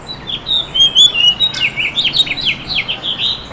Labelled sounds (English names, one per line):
House Finch song